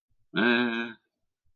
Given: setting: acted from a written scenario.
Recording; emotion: vocal sound without words; neutral